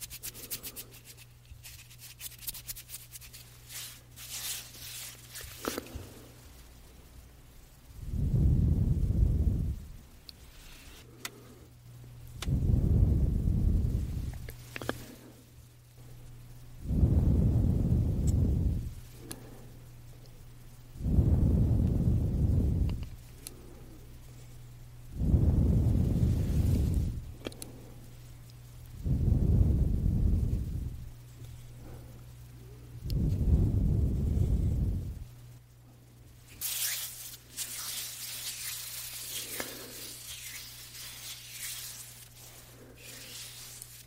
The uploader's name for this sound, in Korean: 손소리 , 핸드무브먼트 , 이어블로잉